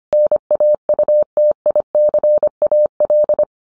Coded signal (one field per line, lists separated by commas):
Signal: Morse code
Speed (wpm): 25 wpm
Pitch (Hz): 600 Hz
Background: none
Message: NAUTICAL